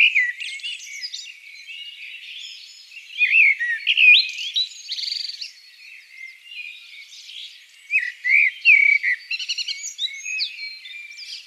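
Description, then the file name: Common blackbird song: rich whistled phrases laced with scratchy high twitters, coming in several loud bursts with softer notes in between. "Turdus merula"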